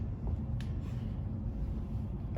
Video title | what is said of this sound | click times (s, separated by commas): How to Setup the Lincoln Electric VRTEX | It'll turn, pops right in. | 0.6 s